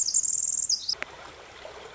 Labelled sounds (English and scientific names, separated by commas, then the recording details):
Pacific Wren (Troglodytes pacificus)
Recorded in Sonoma County, California